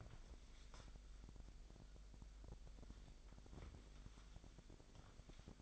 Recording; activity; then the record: daily activity, microphone in the room; wipe stove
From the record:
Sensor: 5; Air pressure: 1001.8 hPa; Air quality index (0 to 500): 179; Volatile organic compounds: 11 ppm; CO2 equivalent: 2296 ppm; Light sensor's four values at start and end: 24/81/30/32 and 24/82/31/32